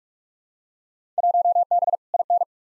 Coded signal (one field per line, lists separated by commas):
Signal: Morse code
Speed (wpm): 41 wpm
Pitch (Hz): 700 Hz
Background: none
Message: 1B IN